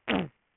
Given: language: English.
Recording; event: throat vibration sensor signal played as sound; throat clearing